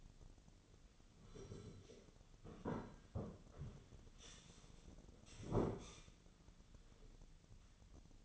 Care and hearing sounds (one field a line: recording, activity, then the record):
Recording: daily activity, microphone in the room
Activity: sit down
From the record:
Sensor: 4